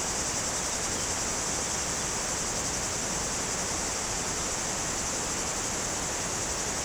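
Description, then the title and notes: Shrill cicadas drone continuously at a high, even pitch while a river rushes steadily underneath. Cicadas very active in trees near the Jourdan river, on the slopes of the Grand Colombier above Culoz, France, on a hot day; river audible. "Chem. de Romagnieux, 01350 Culoz, France - Rivière et cigales. Sur les pentes du Grand Colombier au dessus de Culoz , par cette chaude journée les cigales sont très actives dans les arbres près du Jourdan"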